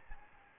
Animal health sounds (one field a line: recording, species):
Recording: mosquito wingbeat signal from an infrared sensor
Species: Aedes albopictus